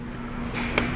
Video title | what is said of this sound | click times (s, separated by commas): TUTORIAL - CANON PowerShot Adapter Ring For Lens Filter, Lens Hoods & Lens Caps | when you hear that click that means that it is now in place securely | 0.8 s